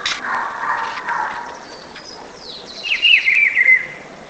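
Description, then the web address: Rufous-browed peppershrike singing a short rich warble that falls slightly, after a sharp click and a hissy, noisy passage. "cantos juanchiviro"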